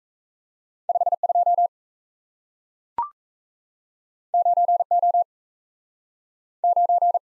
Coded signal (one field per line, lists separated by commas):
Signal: Morse code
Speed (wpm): 38 wpm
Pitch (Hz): 700 Hz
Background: none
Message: 52 9O 9